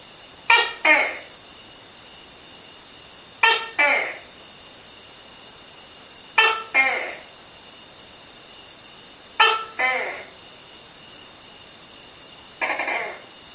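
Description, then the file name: Tokay gecko calls: five loud two-part croaking notes, one every three seconds, over a constant high insect drone. "tuko"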